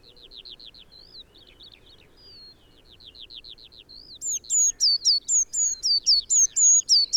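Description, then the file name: Eurasian blue tit giving a fast, even series of high notes that swap between level and falling, starting halfway through, after softer slurred notes. "Cyanistes caeruleus"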